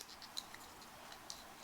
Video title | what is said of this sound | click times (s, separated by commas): JW608 builds his first Gundam/Gunpla | oh you didn't click you just fit okay | none